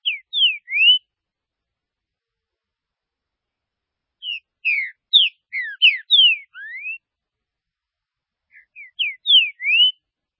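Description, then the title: Green-winged saltator delivering three phrases of clear whistled notes, falling slurs and a final rising note, with quiet gaps between them. "Trinca Ferro"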